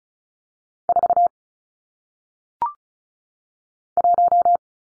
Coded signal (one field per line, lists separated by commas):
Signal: Morse code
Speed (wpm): 35 wpm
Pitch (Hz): 700 Hz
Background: none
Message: 4 1